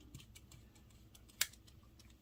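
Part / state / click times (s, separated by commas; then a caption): spring-loaded component into folding knife handle / seated / 1.4 s. During reassembly of a Milwaukee 48-22-1520 Fastback folding pocket knife, a spring-tensioned internal part is pushed against strong tension into the handle, where the screws go into plastic. Faint light ticks are followed by one sharp, loud snap at 1.4 s as the part seats in place.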